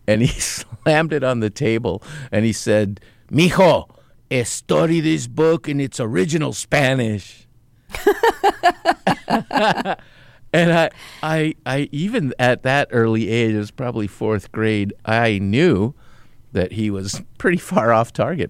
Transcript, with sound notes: And he slammed it on the table, and he said, Mijo, study this book in its original Spanish. (Laughter) And I - even at that early age - it was probably fourth grade - I knew that he was pretty far off target.